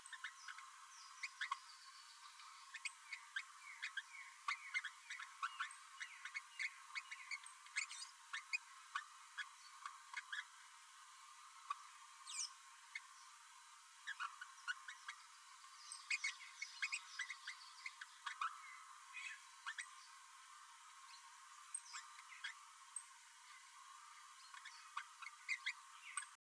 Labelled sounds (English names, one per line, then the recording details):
Green-rumped Parrotlet babbling
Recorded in a nest box in Venezuela
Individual 18B12A3